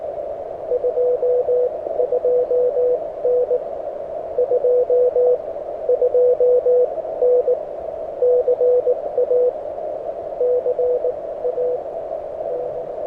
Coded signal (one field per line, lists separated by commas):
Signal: Morse code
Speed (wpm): 19 wpm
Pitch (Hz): 500 Hz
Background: none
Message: 22N 22N CA CA N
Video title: Beginner Morse Code SOTA Practice | Cooper Mountain | Summits on the Air